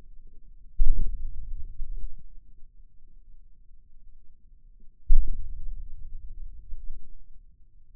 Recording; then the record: forearm muscle sounds (acoustic myography)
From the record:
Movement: hand opening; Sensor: system 2, bracelet of six BSWA MPA416 microphones around the upper forearm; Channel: 1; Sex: male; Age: 22 years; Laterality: right